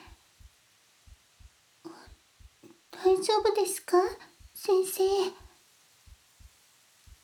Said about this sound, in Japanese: なんだかその、私の心臓の音が 一番うるさかったかもしれませんね。